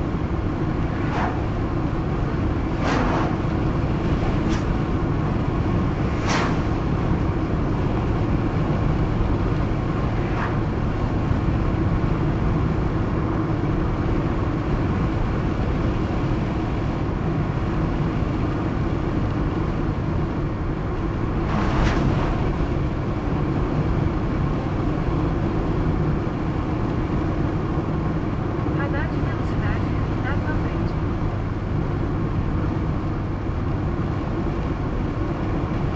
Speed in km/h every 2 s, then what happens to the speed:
98, 99, 99, 101, 102, 103, 104, 104, 103, 103, 101, 100, 100, 100, 99, 99, 100, 99.
0-36 steady at about 100.